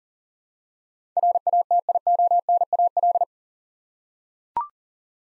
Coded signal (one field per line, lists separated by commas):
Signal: Morse code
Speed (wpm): 40 wpm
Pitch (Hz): 700 Hz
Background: none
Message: RATIONAL